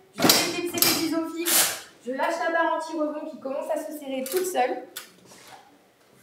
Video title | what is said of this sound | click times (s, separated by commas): Gamme de sièges auto Axkid : vos enfants enfin en sécurité ! | je prends mon siège je déclipse | 0.3 s, 0.8 s